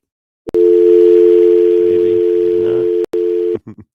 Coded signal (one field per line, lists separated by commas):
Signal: telephone call progress tone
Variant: North America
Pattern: dial tone